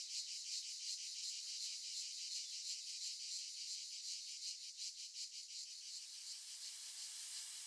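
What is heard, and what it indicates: A steady, shrill, insect-like buzz with regular pulsing, about 167 pulses a minute and no low tones, like cicadas or crickets. It simulates the early form of an adult's tinnitus, a persistent ringing or buzzing heard inside the ears, present for about fifteen years and very bothersome, which at first sounded a bit like cicadas before changing into a different noise.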